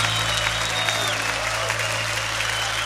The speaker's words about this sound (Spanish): Levanta tu aplauso a Él fuerte.